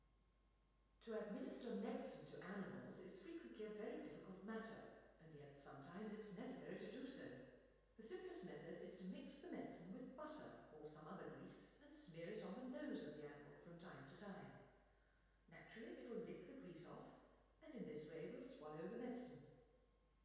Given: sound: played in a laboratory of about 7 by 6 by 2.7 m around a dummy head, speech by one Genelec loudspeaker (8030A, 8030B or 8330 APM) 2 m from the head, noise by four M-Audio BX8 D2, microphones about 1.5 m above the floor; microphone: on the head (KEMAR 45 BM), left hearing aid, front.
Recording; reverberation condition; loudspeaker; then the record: female speech in English; high; 90 degrees to the right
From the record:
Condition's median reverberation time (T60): about 1300 ms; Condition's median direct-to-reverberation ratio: about -4.0 dB